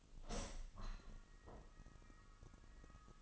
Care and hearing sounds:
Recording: daily activity, microphone in the room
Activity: open window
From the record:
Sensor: 4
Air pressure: 1005.5 hPa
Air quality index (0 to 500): 91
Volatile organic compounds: 2 ppm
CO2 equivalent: 1120 ppm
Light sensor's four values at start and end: 13/29/11/11 and 13/29/11/11

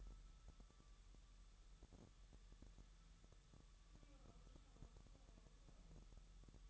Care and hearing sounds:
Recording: daily activity, microphone in the room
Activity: wipe stove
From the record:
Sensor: 3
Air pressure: 1001.0 hPa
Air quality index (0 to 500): 249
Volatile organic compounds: 180 ppm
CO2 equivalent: 4143 ppm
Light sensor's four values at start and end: 13/31/13/13 and 13/31/13/13

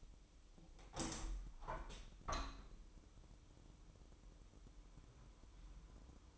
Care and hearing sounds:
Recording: daily activity, microphone in the room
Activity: open window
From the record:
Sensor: 1

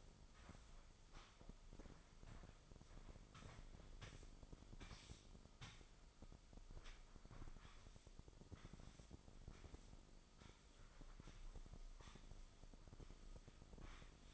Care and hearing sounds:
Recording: daily activity, microphone in the room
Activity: sweep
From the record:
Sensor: 5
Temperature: 24.6 degrees Celsius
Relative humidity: 32.2%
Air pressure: 996.1 hPa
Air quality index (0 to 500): 100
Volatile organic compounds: 6 ppm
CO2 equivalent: 1921 ppm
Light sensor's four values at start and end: 44/105/43/46 and 43/104/43/46

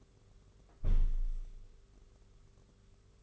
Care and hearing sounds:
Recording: daily activity, microphone in the room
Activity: close window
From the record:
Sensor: 4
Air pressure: 991.2 hPa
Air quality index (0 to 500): 153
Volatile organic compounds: 104 ppm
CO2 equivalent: 3779 ppm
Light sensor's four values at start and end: 6/15/5/6 and 6/14/5/6

